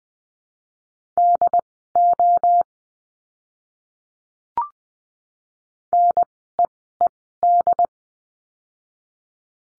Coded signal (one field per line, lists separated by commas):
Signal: Morse code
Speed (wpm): 20 wpm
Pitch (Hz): 700 Hz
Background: none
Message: DO NEED